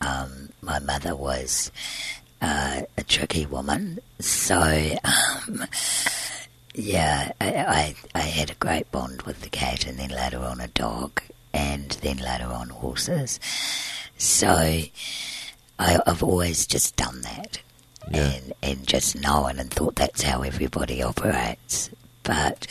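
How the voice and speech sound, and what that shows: Adult woman speaking in connected speech with a low-pitched, rough, creaky and partly breathy voice: dysphonia from a vocal cord scarred during surgery at age 20 to remove large laryngeal cysts present from birth. She breathes through a tracheostomy tube because her airway is narrow.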